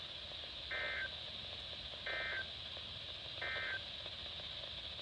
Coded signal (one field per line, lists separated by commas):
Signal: Emergency Alert System (SAME) tones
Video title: My 100th video EAS#385 -395 from 11/29/20 - 12-2-20